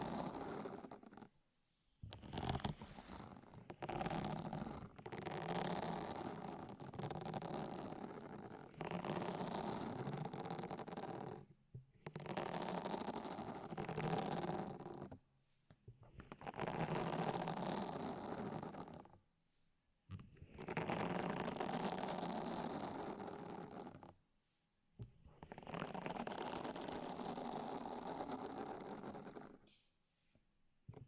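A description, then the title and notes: A deep ear massage of soft rubbing and rustling strokes, thick and fairly steady, with a low rumbling undertone. Each long stroke lasts a few seconds before a brief silent pause, around 2, 11, 15, 19 and 24 seconds, then the rubbing resumes. ASMR Sleep With Deep Ear Massage (No Talking).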